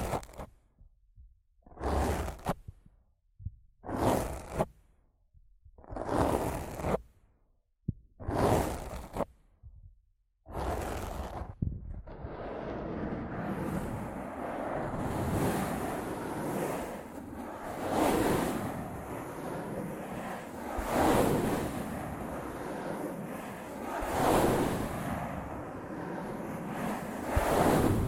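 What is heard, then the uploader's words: Rough scratching and brushing right on a microphone. For the first ten seconds it comes in short, separate bursts about every two seconds with silence between, then turns into a continuous dense, whooshing rub that swells with heavier strokes every few seconds. ASMR Rough Mic Scratching & Brushing (No Talking).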